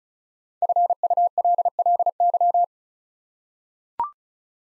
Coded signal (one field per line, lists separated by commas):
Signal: Morse code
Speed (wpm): 36 wpm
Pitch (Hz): 700 Hz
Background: none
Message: FULLY